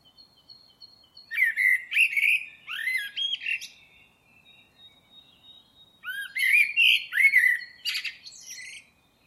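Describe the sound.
Bird calling in two long warbled phrases of slurred, rising notes mixed with buzzy chips, over faint, steady high whistles.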